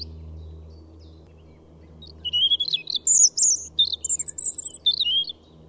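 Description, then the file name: European robin delivering one high, fast phrase of thin whistles and sparkling trills lasting about three seconds, over a quiet low background hum. "Pettirosso"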